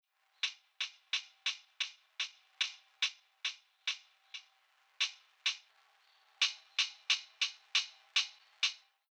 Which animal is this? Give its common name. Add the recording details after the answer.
Surinam Toad. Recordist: Tembrock, Günter. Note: Lautfolgen